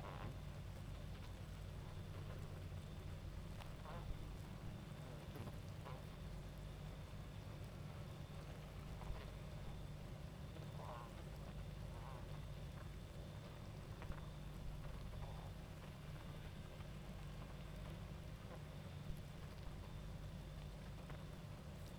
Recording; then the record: honeybee colony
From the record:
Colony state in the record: active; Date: 28 July 2017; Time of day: 22:45